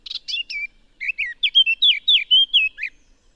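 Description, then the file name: Eurasian blackcap singing a short phrase: a few scratchy notes, then clear fluty whistled notes rising and falling in a rich warble. "Sylvia atricapilla"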